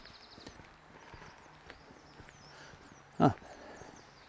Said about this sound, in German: Der Freund, der Specht. Die haben ja alle so ihren eigenen Rhythmus, ne? Diese Spechte. Kommt mir immer so ein bisschen vor, als sei es immer die gleiche Frequenz und auch die gleiche Anzahl Schläge, die der da ins Holz tackert.